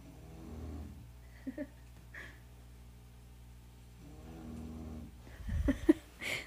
Our dog. She is snoring away. That's our dog. She's obviously loud and snory, but she's right outside the door.